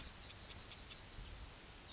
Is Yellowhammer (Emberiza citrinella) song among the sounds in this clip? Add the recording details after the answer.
yes. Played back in grassland. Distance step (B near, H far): F. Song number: 140